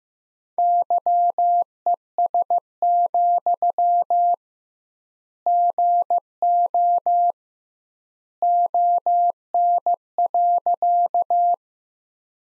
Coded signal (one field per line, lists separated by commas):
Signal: Morse code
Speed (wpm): 15 wpm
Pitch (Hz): 700 Hz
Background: none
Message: YES, GO ON.